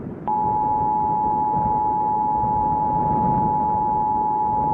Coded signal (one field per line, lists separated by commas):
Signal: Emergency Alert System (SAME) tones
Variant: 853 and 960 Hz attention tone